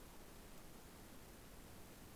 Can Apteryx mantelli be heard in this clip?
no